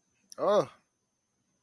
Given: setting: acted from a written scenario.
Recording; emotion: vocal sound without words; positive surprise